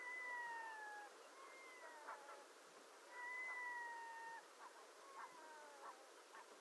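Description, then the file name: Red-throated loon giving faint, drawn-out wailing notes that slide gently downward, several in a row, with hissing background noise. Display call, recorded at Isdammen. "SMÅLOM-DISPLAY-ISDAMMEN-SNI"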